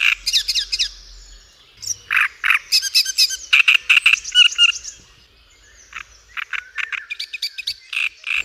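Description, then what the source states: Great Reed Warbler song: harsh, guttural churring phrases and scratchy repeated notes, loud, with a brief pause before the chattering resumes. Lives in reedbeds; a plain brown bird with a very loud voice.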